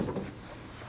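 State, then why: Not seated. A plastic rear bumper cover on a 2018-2024 Toyota Camry is brought down at an angle and pressed toward its body-side retainer and mounting points, during a rear bumper impact absorber replacement. The sound is a steady low handling rumble, a bit louder at the start, with no sharp hits. The cover has not popped into place yet, and nothing has seated or clicked.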